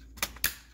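A plastic relay tray with small tabs is pushed back into position inside the control housing of a Whirlpool Cabrio dryer during a power relay repair for a dryer that won't start. A sharp click at 0.2 s and a faint tick at 0.4 s are followed by a loud, crisp plastic snap at 0.4 s as the tray seats into place.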